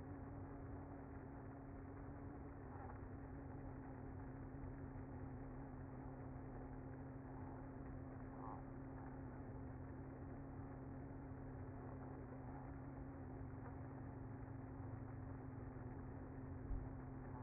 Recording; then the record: honeybee colony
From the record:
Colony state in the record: active